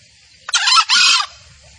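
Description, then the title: Junglefowl crow: a short, rasping two-part call against quiet surroundings. Male junglefowl call used as a master lure recording for trapping in the forest. "Pancingan Suara Ayam Hutan Betina. Suara ayam hutan jantan buat masteran pikat di hutan"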